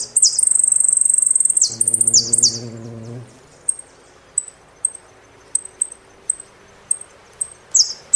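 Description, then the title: Saffron finch song: a sustained rapid high trill with a low hum beneath, followed by evenly spaced single high chirps about every half second. "Jilguero Argentino"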